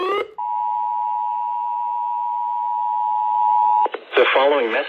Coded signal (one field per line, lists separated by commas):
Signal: Emergency Alert System (SAME) tones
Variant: 853 and 960 Hz attention tone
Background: speech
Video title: HELENE MAKES HISTORY.. EAS Alerts from 9/26/24 to 9/27/24 (EAS #979-#1,010)